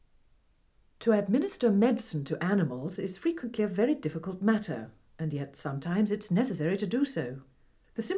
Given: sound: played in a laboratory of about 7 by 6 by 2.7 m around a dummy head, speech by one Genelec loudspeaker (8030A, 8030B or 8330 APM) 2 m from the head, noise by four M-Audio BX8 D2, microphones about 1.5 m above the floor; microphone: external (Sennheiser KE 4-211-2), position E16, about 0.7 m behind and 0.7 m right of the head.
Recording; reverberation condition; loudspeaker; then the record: female speech in English; low; 150 degrees to the right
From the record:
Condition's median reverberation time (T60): about 310 ms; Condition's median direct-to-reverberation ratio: about 3.5 dB